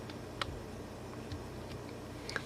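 Plastic back frame clips on a Samsung Galaxy Note 3 smartphone are pressed home one after another down the side of the chassis during a charging port replacement. Short, sharp snaps sound at 0.4 s and 2.4 s over a low steady background, with fainter ticks in between. The clips seat into place.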